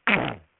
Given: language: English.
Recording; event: throat vibration sensor signal played as sound; throat clearing